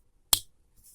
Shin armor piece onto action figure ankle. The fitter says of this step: And that is such a nice and satisfying click. Like, hear that?